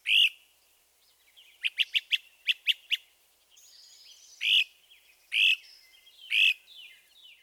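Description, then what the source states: Great Crested Flycatcher calls: one note, then a quick run of seven short clipped notes, followed by three louder notes spaced about a second apart. Great Crested Flycatcher's softer, trilled preet, repeated, lower in pitch than its ascending weep whistle.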